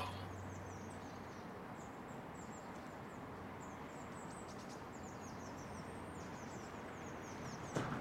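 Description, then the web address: Bird chirps, many quick high downslurred notes in loose runs throughout, over a constant low rumble of background noise, with a short knock at the end. Birds in a residential area, calm atmosphere. "lynne-publishing Residential Area Birds"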